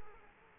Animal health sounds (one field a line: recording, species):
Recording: mosquito wingbeat signal from an infrared sensor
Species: Culex quinquefasciatus